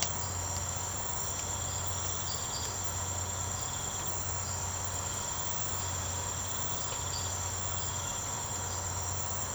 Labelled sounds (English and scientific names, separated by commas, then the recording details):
none
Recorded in secondary vegetation near Puerto Asís, Putumayo, Colombia, on 24 March 2025 at 03:00
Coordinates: 0.468, -76.324
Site G059